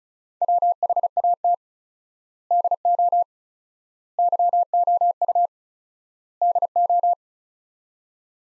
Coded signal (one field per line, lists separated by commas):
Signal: Morse code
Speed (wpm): 36 wpm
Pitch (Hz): 700 Hz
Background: none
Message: WHAT DO YOU DO